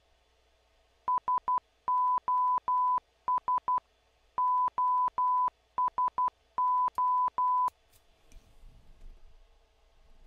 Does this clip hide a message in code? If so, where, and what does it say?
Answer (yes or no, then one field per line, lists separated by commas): yes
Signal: Morse code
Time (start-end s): 1.1-7.7 s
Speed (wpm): 12 wpm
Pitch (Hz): 1000 Hz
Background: none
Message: SOS OSO